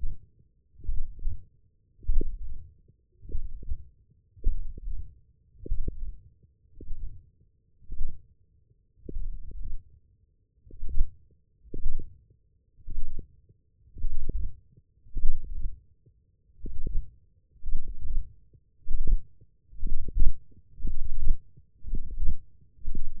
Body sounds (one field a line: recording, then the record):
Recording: forearm muscle sounds (acoustic myography)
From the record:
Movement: wrist extension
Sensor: system 1, eight BSWA MPA416 microphones around the upper forearm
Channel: 5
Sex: male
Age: 23 years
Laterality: right